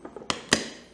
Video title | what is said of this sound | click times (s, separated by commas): Geekom A7 Max + Ubuntu + LM Studio - Setup lokale AI #geekom #lmstudio | Then it clicks into place, and that's it. | 0.3 s, 0.5 s